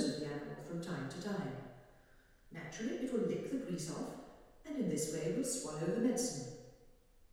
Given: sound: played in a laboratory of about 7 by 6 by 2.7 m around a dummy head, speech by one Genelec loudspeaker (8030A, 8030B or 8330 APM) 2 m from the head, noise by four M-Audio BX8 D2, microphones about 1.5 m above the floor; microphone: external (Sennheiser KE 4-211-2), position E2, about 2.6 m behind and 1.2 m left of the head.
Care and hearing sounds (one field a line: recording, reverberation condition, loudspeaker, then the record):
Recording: female speech in English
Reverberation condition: high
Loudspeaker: 30 degrees to the right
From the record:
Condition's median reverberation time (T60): about 1300 ms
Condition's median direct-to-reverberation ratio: about -4.0 dB